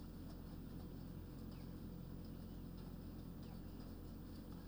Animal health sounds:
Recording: poultry house recording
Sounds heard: healthy chickens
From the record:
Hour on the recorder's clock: 23

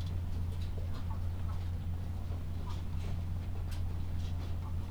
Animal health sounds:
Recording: poultry house recording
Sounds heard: sick chickens (respiratory disease)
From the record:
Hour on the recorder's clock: 16

